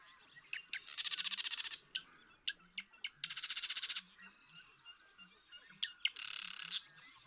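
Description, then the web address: Marsh Wren song: three buzzy, rattling trills, each introduced by short ticks. "birdsongforthecurious Marsh Wren"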